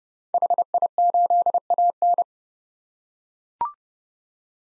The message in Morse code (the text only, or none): HI8AN